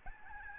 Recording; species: mosquito wingbeat signal from an infrared sensor; Aedes albopictus